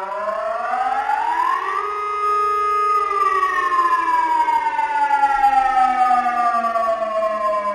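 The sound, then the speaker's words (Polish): An air raid siren wails steadily, its pitch rising over the first two seconds, then holding and slowly sliding downward in a long, loud, mournful tone with no voices present. “Nie zareagowano na syreny, które już były tymi wróżebnymi.”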